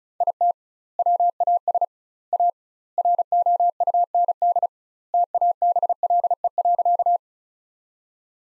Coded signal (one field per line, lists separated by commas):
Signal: Morse code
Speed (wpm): 34 wpm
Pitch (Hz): 700 Hz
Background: none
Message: IT WAS A ROUND TABLE.